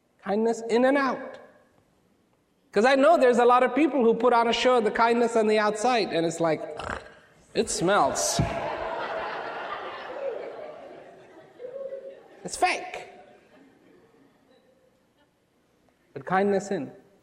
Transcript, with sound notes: kindness in and out cause I know there is a lot of people who put on a show of kindness on the outside and it's like (Rawat makes strange nose clearing noise) it smells (laughter) It's fake. But kindness in